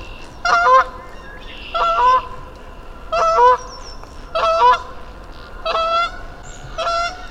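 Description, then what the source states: Goose giving loud two-part honks, about one every 1.3 seconds, six in all, with a faint songbird whistle between them. Lone goose landed on the ice of a still-frozen bog, Mud Pond nature refuge, Vermont, early spring; called about ten minutes, sounding lonely to the recordist; parabolic microphone on stand; songbirds in background.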